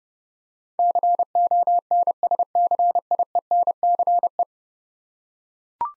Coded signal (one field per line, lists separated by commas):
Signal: Morse code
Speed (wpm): 32 wpm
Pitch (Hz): 700 Hz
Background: none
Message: CONSCIENCE